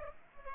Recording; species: mosquito wingbeat signal from an infrared sensor; Culex pipiens